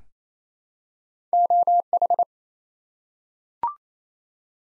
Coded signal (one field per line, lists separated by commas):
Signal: Morse code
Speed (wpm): 28 wpm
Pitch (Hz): 700 Hz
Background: none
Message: OH